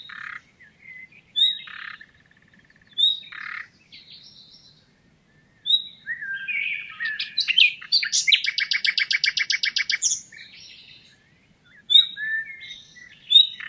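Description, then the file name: Common nightingale: short upslurred whistles repeated, mixed with rasping croaks, then a loud rapid pulsed rattle lasting about two seconds before the whistles resume. "Luscinia megarhynchos"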